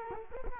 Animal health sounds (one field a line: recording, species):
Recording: mosquito wingbeat signal from an infrared sensor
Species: Culex quinquefasciatus